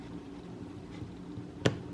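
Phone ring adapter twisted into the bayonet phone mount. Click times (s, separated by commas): 1.7 s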